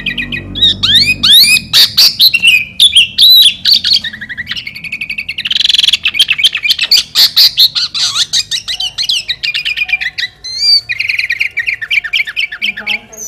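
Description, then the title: Sooty-headed bulbul in continuous lively song, mixing upward-sweeping whistles, harsh squawks and rapid twittering runs. "Kutilang"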